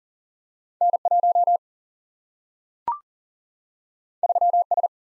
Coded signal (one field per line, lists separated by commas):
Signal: Morse code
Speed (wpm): 40 wpm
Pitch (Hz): 700 Hz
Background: none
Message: N 1 3 S